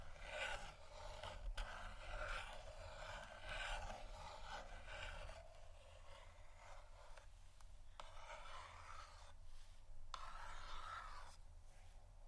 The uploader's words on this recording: ASMR Scratching & Tapping Cardboard Boxes（No Talking）.